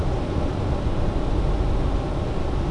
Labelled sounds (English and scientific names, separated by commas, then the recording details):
none
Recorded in Germany
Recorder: ecoPi